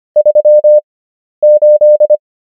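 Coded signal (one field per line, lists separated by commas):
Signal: Morse code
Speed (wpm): 25 wpm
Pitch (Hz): 600 Hz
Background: none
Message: 38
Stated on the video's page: Morse number practice at 25 wpm character speed with 11 wpm Farnsworth word speed, English.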